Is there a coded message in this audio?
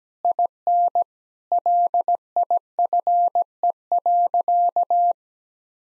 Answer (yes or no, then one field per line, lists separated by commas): yes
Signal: Morse code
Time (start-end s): 0.2-5.1 s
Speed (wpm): 17 wpm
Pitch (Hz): 700 Hz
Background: none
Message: IN LIFE.